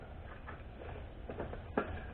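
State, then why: Seated. Plastic twist-lock bulb sockets from a Tahoe wiring harness are fitted into the back of a new taillight assembly. Some light tapping and handling sounds come first, then one sharp click at 1.8 s as a socket seats in the taillight housing.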